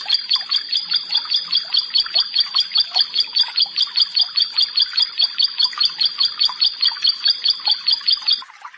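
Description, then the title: Bar-winged prinia song: evenly spaced bright double-toned notes, repeated quickly and steadily for about eight seconds. "Ciblek Sawah"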